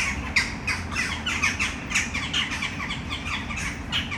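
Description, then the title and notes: Western jackdaw calls, a quick series of short, bright 'chak' notes, several per second, standing clear over a soft low rumble. A tree full of jackdaws in Brno city centre, Czech Republic, recorded at sunset. "Malinovského nám. 571/1, 602 00 Brno-střed-Brno-město, Česko - Western jackdaws at sunset. A tree full of jackdaws in the city center of Brno"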